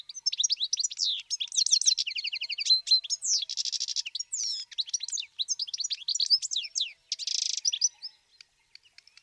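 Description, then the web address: Bird song, long rambling stream of high chirps, sweeps and rapid trills broken by two short harsh buzzy bursts, fading out with scattered faint ticks. "Bird Only"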